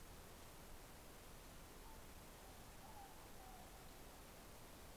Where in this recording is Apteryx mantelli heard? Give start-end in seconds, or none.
none